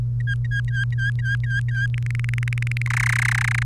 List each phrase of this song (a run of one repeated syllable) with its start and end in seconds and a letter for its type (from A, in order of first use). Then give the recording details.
0.20-1.87 A, 1.94-2.82 B, 2.86-3.63 C. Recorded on 1 May 2018 at 17:11. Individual llb3